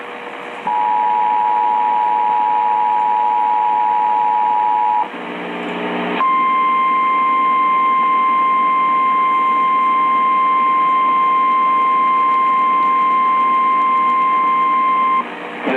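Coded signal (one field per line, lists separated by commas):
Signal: Emergency Alert System (SAME) tones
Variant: 853 and 960 Hz attention tone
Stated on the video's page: Flash Flood Warning for four Louisiana parishes, heard as broadcast on WWL 870 AM.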